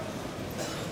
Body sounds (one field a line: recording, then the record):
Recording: coughing mixed with background sound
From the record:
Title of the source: Cough Around the Clock!